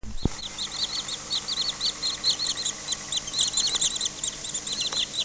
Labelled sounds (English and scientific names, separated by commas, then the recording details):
Wood Sandpiper (Tringa glareola) call
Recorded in the wild
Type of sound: call
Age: adult
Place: Bölsdorfer Haken, Altmark, Sachsen-Anhalt, DE
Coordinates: 52.508, 11.964
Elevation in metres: 32
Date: 1963-08-12
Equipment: R 21, Transistorverstärker, Vollspur
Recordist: Lippert, Wolfgang
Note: Rufe